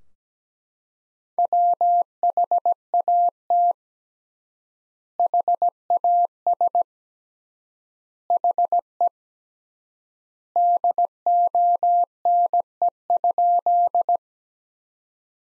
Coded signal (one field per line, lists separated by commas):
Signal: Morse code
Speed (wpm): 17 wpm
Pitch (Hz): 700 Hz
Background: none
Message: WHAT HAS HE DONE?